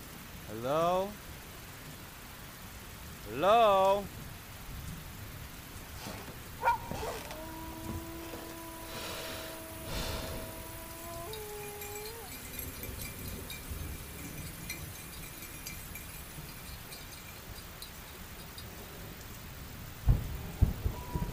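Dark village ambience: two rising wails early, then a long held whine that dips near twelve seconds, over steady low rumble and soft rain-like hiss.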